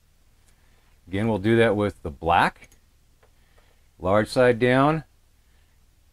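Someone talks while a crimped black wire contact for an Anderson Powerpole connector is held large side down and flat side down and lined up with the plastic Powerpole housing before being pushed in. Apart from one faint, brief tick around 3.2 s, the stretch is quiet, and the contact has not seated or clicked into the housing yet.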